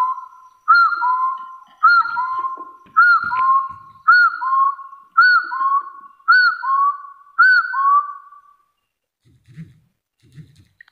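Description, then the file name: Hill partridge whistling seven two-part calls about a second apart, followed by quiet with faint low sounds. "Tieng ga so nui"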